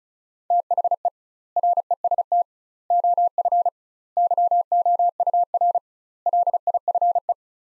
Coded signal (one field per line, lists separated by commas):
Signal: Morse code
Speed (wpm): 36 wpm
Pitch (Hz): 700 Hz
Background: none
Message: THE REST OF YOUR LIFE